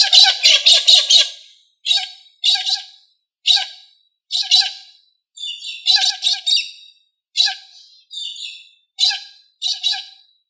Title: manok ostrali